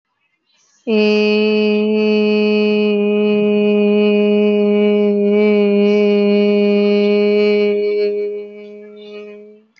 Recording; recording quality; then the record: sustained vowel as in made; excellent, no background noise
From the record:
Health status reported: exposed to COVID-19, no respiratory illness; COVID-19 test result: negative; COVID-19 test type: RT-PCR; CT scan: not taken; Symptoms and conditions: cold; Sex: female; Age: 27 years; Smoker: no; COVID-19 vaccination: both doses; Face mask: worn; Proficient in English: yes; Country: India